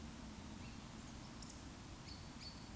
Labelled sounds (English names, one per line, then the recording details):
Eurasian Woodcock whistle
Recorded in Baden-Württemberg, Germany, on 19 June 2020 at 19:51 UTC
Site 44397, 226 m above sea level